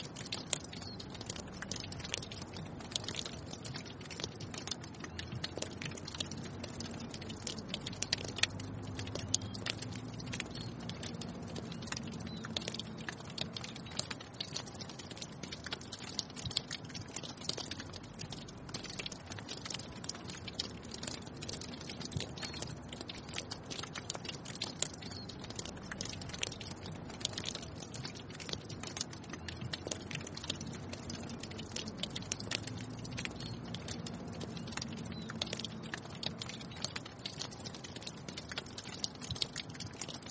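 Melting snow on a mountainside sets off a constant patter of irregular drips and small ticks across all 40 seconds, with no pauses. Beneath it a soft low rumble comes and goes, and the overall level stays steady throughout.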